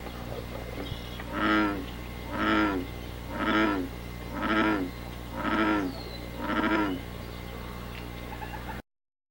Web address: rick bullfrog